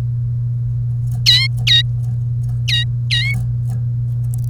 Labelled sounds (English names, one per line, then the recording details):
Domestic Canary song
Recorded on 1 May 2018 at 09:37
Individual llb3